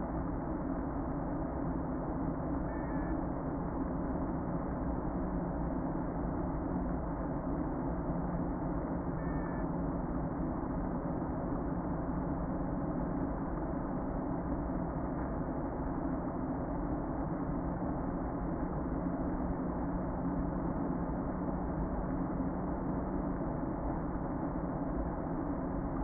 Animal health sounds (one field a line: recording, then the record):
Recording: honeybee colony, microphone inside the hive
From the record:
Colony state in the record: queen present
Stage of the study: before two queens were removed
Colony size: about 60,000 bees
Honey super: yes